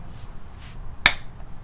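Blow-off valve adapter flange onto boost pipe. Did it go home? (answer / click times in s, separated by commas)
yes / 1.1 s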